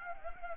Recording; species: mosquito wingbeat signal from an infrared sensor; Anopheles gambiae